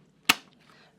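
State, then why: Seated. A plastic visor side panel (pivot cover) is pressed back onto a motorcycle helmet shell during visor reinstallation, with a sharp click at 0.3 s. A faint tick follows around 0.5 s over a low background hum, and the side panel is seated.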